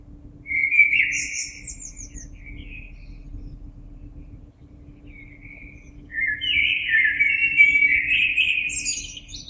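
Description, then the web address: Common blackbird: a short fluted phrase with a high trill, a long pause, then a fuller warbling verse ending in squeaky notes; steady faint hum. Recorded 26 April 2022. "oiseaux Merle 2022 04 26"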